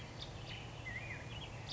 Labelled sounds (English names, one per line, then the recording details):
Black-headed Grosbeak
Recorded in Sonoma County, California